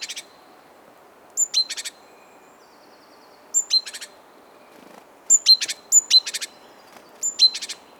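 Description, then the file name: Great tit giving thin high notes leading into harsh buzzy churrs, in several bursts, over soft background noise. "Parus major"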